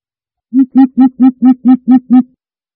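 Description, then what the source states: Greater coucal sounding eight deep, even hoots in a quick, regular run, with no other sounds. Calling in the forest.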